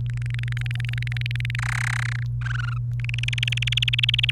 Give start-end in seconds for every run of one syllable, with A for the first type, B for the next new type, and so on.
0.06-1.55 A, 1.58-2.23 B, 2.41-2.77 C, 2.99-4.30 D